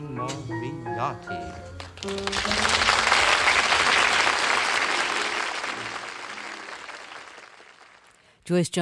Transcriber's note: soundbite of applause